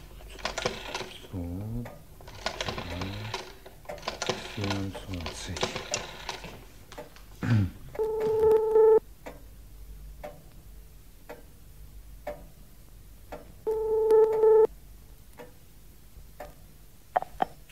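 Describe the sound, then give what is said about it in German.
A telephone rings twice early in the morning, two steady, buzzy electronic trills about five seconds apart, after someone talks briefly; a clock ticks softly and steadily throughout. “Sag mal, bist du verrückt geworden, mich in aller Herrgottsfrühe aus dem Bett zu klingeln?”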